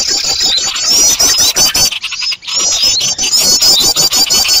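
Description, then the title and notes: Birds twittering loudly with fast repeated high squeaks and trills, pausing briefly near the middle before the chatter resumes. Noisy bird sounds used for luring birds. "Burung Ribut Pikat"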